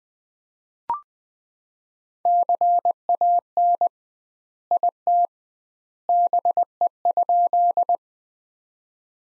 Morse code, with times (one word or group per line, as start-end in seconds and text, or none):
2.3-3.9 CAN
4.7-5.3 IT
6.1-8.0 BE?